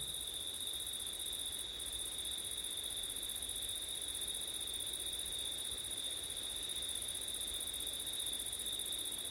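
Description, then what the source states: Crickets produce an unbroken, piercing high trill, level in loudness throughout. Crickets on a September night with wind; recorded with ortif setup.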